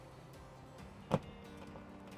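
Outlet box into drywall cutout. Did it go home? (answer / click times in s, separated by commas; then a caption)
yes / 1.1 s. An old-work electrical outlet box sits in a drywall cutout while its mounting ears are tightened with a screwdriver to clamp the drywall. Over a low, steady background, a single short, sharp snap rings out at 1.1 seconds. The snap means the box is tight and locked in.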